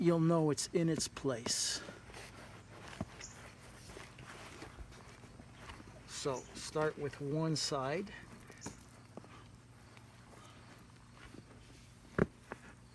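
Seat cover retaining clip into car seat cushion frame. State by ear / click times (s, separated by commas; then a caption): seated / 12.2 s, 12.5 s. On a 2012 Chevrolet Suburban seat, a plastic clip on the seat cover is pushed into the seat cushion frame, one side first. Someone talks over light handling noise, then two faint, sharp snaps are heard at 12.2 and 12.5 seconds. The seat cover clip is seated, though its click is hard to hear.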